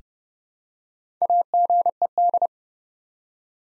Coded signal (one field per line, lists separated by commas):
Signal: Morse code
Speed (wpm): 30 wpm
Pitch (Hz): 700 Hz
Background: none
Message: AGED